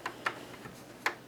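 The telescopic antenna of a forty-year-old JVC RC 555JW radio cassette recorder is being handled and pressed toward its retaining clip on the plastic housing; the radio needs repair. Three short, sharp ticks land at about 0.1, 0.3 and 1.1 seconds over a quiet background. Nothing has seated or snapped into place yet.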